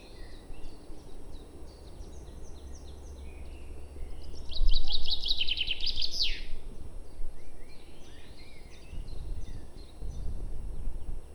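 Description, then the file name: Common chaffinch song, a brisk trill of repeated notes dropping to a terminal flourish, with soft calls from other birds around it. "Fringilla coelebs"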